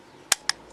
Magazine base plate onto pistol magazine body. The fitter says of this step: and there you go you just heard that click and push that and this is good